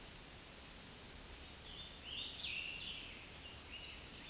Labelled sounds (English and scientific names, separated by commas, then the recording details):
Scarlet Tanager (Piranga olivacea) song
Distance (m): 40 m
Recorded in a Pennsylvania forest on 19 May 2023 at 12:04
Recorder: AudioMoth, point grid1_7_low
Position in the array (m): 164 m, 26 m